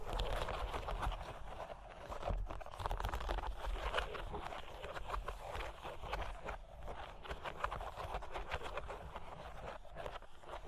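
Cork and wood are tapped, scratched and traced in a dense, busy stream of small scrapes and ticks, with a steady low rumble underneath.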